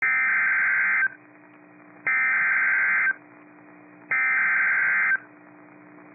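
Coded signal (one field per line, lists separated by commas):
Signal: Emergency Alert System (SAME) tones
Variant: header bursts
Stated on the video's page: Real severe thunderstorm warning with valid EAS tones for Dane, Jefferson and Waukesha Counties, Wisconsin.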